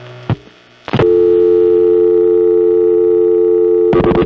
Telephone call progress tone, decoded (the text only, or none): dial tone